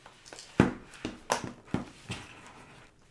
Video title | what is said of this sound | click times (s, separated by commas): Immersed - Essential Quest 3 Accessories | and it snaps right into place | 0.6 s, 1.3 s